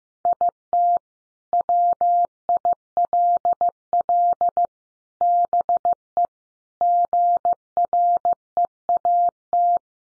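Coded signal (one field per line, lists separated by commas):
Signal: Morse code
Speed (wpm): 15 wpm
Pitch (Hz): 700 Hz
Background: none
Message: IT WILL BE GREAT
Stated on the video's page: Morse sentence drill built from the top 700 words, sent at 15 wpm for head-copy practice; each sentence is sent, spoken, then sent again.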